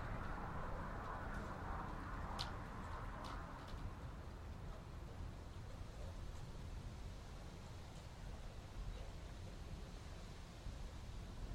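Wind sweeps steadily across the land, a dense, rough rush weighted toward the low end with a constant rumble underneath. A brighter hiss swells during the first few seconds, then eases. A few sharp ticks or snaps stand out around the second to fourth seconds.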